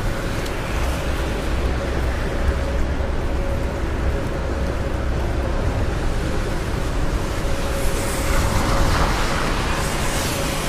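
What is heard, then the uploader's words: Rainy New York street, a dense steady wash of noise with a low rumble and a faint constant hum, slightly brighter hiss after eight seconds. Raining Day In New York.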